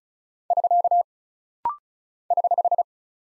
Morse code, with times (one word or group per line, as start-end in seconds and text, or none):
0.5-1.0 <SK>
2.3-2.8 <HH>